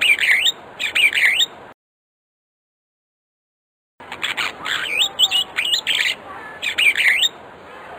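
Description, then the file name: Starling song: bursts of bright, slurred whistled notes with rising and falling sweeps, a short phrase, a silent gap, then a longer run of repeated whistles. "suara kicauan jalak afrika. omkicau"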